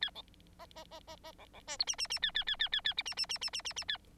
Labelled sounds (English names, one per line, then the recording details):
Bengalese Finch song
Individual Bird9